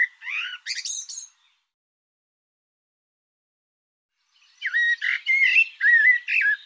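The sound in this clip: Bird song: a brief phrase ending in high thin notes, a three-second pause, then a burst of warbling, chattering notes.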